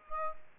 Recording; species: mosquito wingbeat signal from an infrared sensor; Aedes albopictus